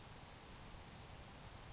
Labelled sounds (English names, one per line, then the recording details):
Grasshopper Sparrow
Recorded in Sonoma County, California